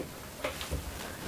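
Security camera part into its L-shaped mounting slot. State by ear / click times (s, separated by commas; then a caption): not seated / none. A security camera housing part is being handled and lined up with its L-shaped mounting slot, giving a couple of short handling knocks around 0.5 and 0.6 seconds over a quiet background. The clip ends just before the part goes home, so nothing has seated or clicked yet.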